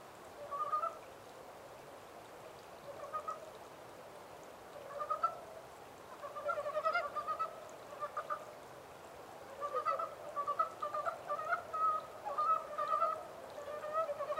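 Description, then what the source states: Montane brown frog calling with short runs of rapid, soft clucks, sparse at first and then more continuous in the second half. Recorded 14 April 2010.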